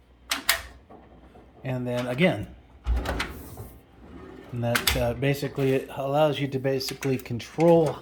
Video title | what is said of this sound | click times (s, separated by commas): My new US General Tool cabinet 56 inch by 22 inch to help give me more room for more IT projects | way with the next drawer down here click | 0.3 s, 0.5 s